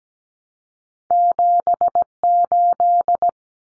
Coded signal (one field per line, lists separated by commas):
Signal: Morse code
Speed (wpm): 17 wpm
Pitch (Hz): 700 Hz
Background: none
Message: 78